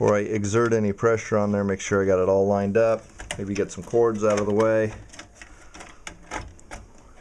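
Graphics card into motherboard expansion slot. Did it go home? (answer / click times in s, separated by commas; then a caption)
no / none. A graphics card is being lined up over a motherboard expansion slot while someone talks, and cords are moved out of the way. After the talking stops around 5 s, a few light handling clicks and taps follow. Nothing has seated or clicked into the slot yet.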